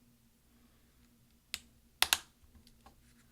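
A plastic greater-than/period keycap on a 13-inch MacBook Pro Early 2009 Core 2 Duo 2.53 GHz is pushed down and wiggled onto its scissor hinge so that the four clips underneath catch. After a light tap at 1.5 s, two sharp snaps come at 2.0 s and 2.1 s, followed by a few faint ticks. The keycap is seated, with its clips snapped into place.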